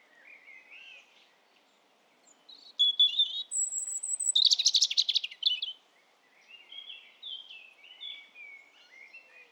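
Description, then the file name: European robin song of soft lead-in notes, a thin high whistle, a dense rapid trill, then quieter descending warbled phrases trailing off. "Erithacus rubecula"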